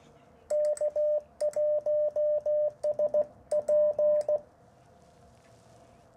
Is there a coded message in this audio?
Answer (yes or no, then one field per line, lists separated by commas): yes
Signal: Morse code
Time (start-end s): 0.5-4.4 s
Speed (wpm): 16 wpm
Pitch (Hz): 600 Hz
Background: none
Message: K1SP